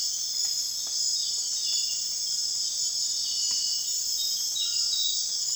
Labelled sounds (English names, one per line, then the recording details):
none
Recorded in secondary vegetation near Puerto Asís, Putumayo, Colombia, on 19 June 2025 at 02:30
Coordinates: 0.485, -76.322
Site GP06